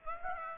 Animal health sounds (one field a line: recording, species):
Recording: mosquito wingbeat signal from an infrared sensor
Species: Aedes aegypti